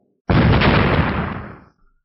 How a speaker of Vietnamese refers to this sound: Hai tiếng nổ kinh thiên động địa vang lên, không gian ngân mang chớp động,